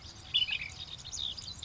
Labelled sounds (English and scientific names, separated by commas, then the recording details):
Ash-throated Flycatcher (Myiarchus cinerascens)
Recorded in Sonoma County, California